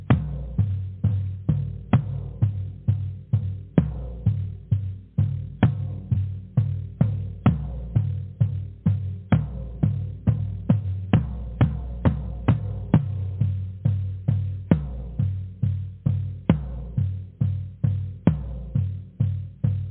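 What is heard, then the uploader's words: Drumming in a steady, quick beat, with sharp hits landing about three times a second for the whole stretch. Each strike has a deep, booming body that rings briefly before the next, with some beats accented louder than others. The sound is dull, lacking brightness. Drumming: Powerful. Drumming vibrations.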